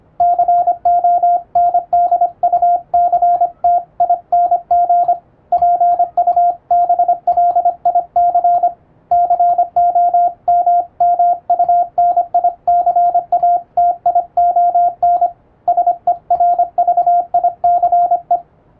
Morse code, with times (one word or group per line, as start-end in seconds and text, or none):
0.2-5.1 CONDUCTING
5.5-8.7 PUBLIC
9.1-15.3 COMMUNICATION
15.7-18.4 SERVICE